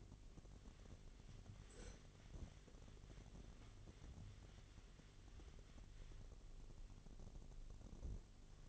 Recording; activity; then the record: daily activity, microphone in the room; wipe stove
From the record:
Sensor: 4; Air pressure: 1007.9 hPa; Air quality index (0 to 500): 196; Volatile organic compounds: 7 ppm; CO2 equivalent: 1956 ppm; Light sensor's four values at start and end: 22/71/27/26 and 22/70/26/26